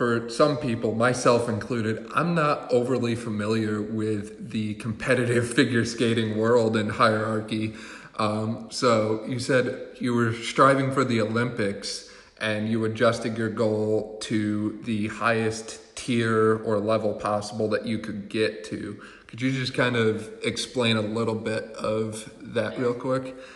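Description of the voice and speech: A man speaks fluently in a clear, mid-low voice with steady pitch and only brief pauses, asking a conversational question in a quiet room. Voice quality, articulation and rate are ordinary, with no hoarseness, slurring or stuttering.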